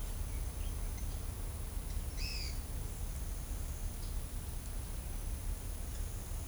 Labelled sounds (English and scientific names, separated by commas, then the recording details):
Pale-eyed Pygmy Tyrant (Atalotriccus pilaris)
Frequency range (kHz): Pale-eyed Pygmy Tyrant (Atalotriccus pilaris) 1.6-8.3 kHz
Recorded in shrubland near Pivijay, Magdalena, Colombia, on 4 June 2023 at 13:30
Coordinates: 10.453, -74.365
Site P5-G022